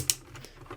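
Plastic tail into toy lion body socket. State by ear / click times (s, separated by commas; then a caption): not seated / none. The plastic tail of a combiner toy lion is shoved into its socket on the lion's body, with one sharp plastic tap at about 0.1 s followed by faint scraping and light ticks. Nothing clicks into place: the little retaining ring that should clip does not catch.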